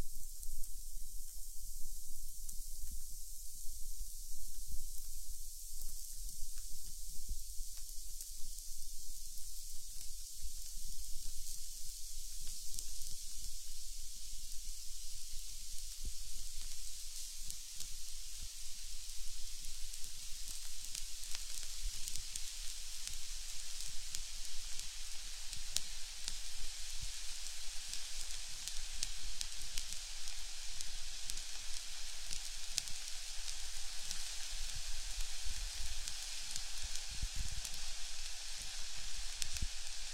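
Steady sizzling crackle of an ear candle burning, a dense hiss sitting high and bright, like meat on a grill or rain. Tiny pops and ticks scatter through it constantly without pause, and the hiss grows slightly fuller after the first fifteen seconds.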